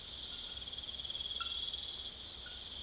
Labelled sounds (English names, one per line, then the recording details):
none
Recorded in secondary vegetation near Puerto Asís, Putumayo, Colombia, on 21 February 2024 at 02:30
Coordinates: 0.500, -76.326
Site G6428